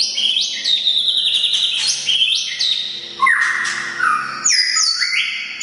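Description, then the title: Oriental magpie-robin song of sweet high whistles mixed with squeaky notes, with a lower sliding phrase in the middle before the high notes return. "kacer"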